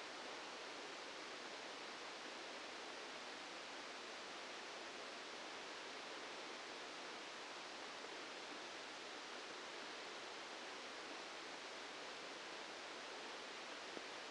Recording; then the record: brain microelectrode recording played as sound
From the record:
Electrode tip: outside the subthalamic nucleus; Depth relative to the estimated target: -6 mm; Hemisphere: left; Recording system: NeuroSet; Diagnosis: Parkinson's disease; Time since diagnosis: 8 years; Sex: male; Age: 65 years